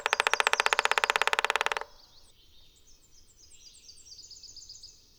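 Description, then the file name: Black-backed woodpecker drumming: a rapid, even roll of sharp knocks, already under way at the start, followed by high twittering chatter. "Black backed Woodpecker Picoides arcticus"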